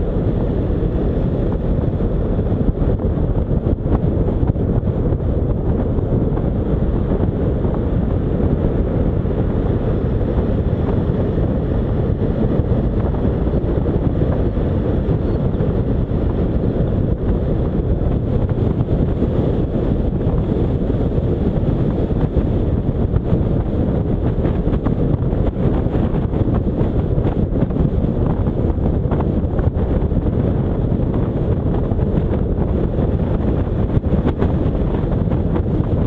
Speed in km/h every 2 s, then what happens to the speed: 61, 58, 55, 53, 55, 56, 58, 59, 60, 61, 63, 62, 60, 59, 57, 57, 60, 59.
0-5 slows to 53. 5-36 steady at about 59.